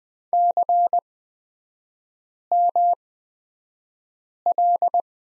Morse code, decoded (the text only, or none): CML